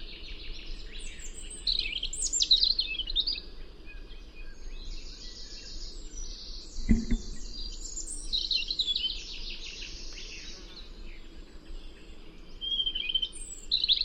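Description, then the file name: European robin in near-continuous song, high varied twittering and trilled phrases following one another, with a single sharp knock in the middle. "Erithacus rubecula"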